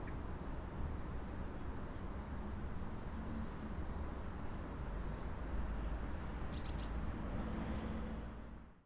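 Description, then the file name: Eurasian blue tit with high, thin piping notes leading into quick descending trills, twice, above a continuous low rumble of background noise. "Cyanistes caeruleus"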